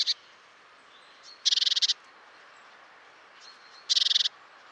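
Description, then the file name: Great tit churring calls: two harsh, buzzy rattles of rapid pulses, each about half a second, spaced roughly two and a half seconds apart, after a cut-off one at the start, with faint thin whistles between. "Parus major"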